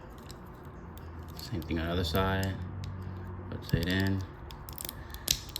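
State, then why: Seated. Someone talks while a plastic part of a Transformers Studio Series 101 Rise of the Beast Scourge/Terrorcon Freezer transforming figure is rotated into the body. A run of ratchet-like clicks ends in a sharp snap at 5.3 s as the part tabs into place and is seated.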